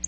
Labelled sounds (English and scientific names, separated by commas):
Black-throated Blue Warbler (Setophaga caerulescens) flight call